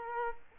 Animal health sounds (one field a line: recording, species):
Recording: mosquito wingbeat signal from an infrared sensor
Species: Culex quinquefasciatus